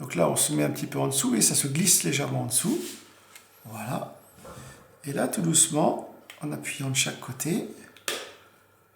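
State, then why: Seated. Someone talks while a reassembled iPhone 5 screen, with its top already slid under the frame during a battery change, is pressed down gently on each side into the phone frame. Its small plastic retaining clips snap into the frame with a sharp click at 8.1 s, and the screen is seated.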